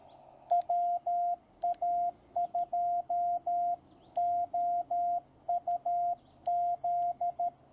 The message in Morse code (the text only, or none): WA2OUZ